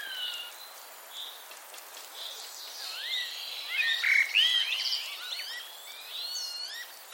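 Common starling calls: a busy tangle of overlapping slurred whistles and squeaks, building in the middle, over steady background hiss.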